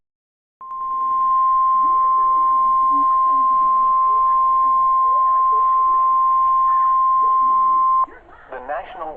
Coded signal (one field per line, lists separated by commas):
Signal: Emergency Alert System (SAME) tones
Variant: 1050 Hz attention tone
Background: speech